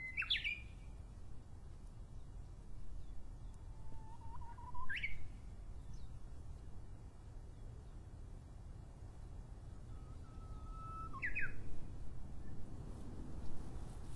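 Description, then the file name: Japanese bush warbler singing repeatedly: a quick bright flourish at the start, then two drawn-out whistles, each ending in a quick bright flourish, with steady low background noise. Recorded in 2012. "uguisu 2012"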